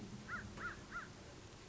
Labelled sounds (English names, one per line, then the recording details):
American Crow
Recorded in Sonoma County, California